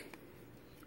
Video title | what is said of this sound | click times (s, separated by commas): Automatic Motion Sensor Light | kind of like a slide thing and just now you heard the click on the | 0.1 s